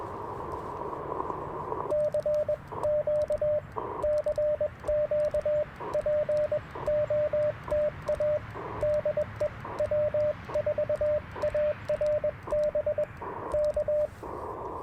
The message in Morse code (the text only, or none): C Q CQ POTA DE W4ARB K